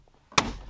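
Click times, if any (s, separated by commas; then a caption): 0.4 s. A plastic console trim piece from a JD Cars Lightning Console wireless charging kit is pressed into the center console of a BMW F3X/F8X. After near silence and a faint tap, it snaps in with one sharp, loud click at 0.4 s, followed by a short low rumble that fades. The trim piece is seated.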